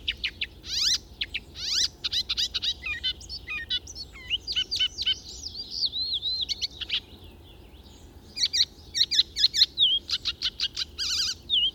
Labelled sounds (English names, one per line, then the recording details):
Icterine Warbler song
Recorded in the wild
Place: Bergen, Mecklenburg-Vorpommern, DE
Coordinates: 54.4135, 13.432
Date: 1969-05-31
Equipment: Nagra III BH, Sennheiser MD 21, parabola
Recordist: Schubert, Michael
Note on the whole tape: Gartenstraße: Gesang Gelbspötter